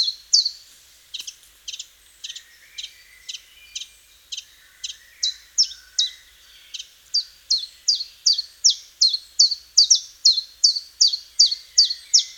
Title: Sylvain Jaskowiak - Mes piafs. Pouillot véloce